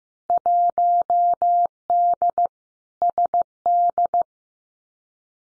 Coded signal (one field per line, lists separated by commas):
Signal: Morse code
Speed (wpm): 15 wpm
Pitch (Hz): 700 Hz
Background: none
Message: 1D SD